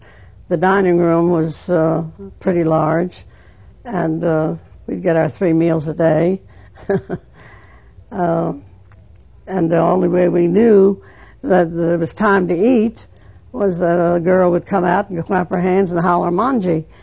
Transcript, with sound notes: The dining room was pretty large, and we'd get our three meals a day. ( she laughs ) Uh, and the only way we knew that it was time to eat was a girl would come out and clap her hands and holler, "Manga!"